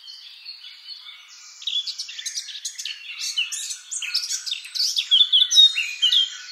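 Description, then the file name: Eurasian blackcap song opening with soft subdued chatter, then swelling into loud, clear whistled and warbled notes delivered quickly toward the end. "Sylvia atricapilla"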